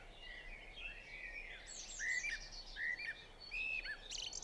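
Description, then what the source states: Eurasian blackbird singing mellow whistled phrases mixed with high, thin twitters over a steady background hiss. Singing on a roof, recorded 28 April 2016 at 06:05.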